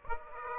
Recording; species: mosquito wingbeat signal from an infrared sensor; Aedes aegypti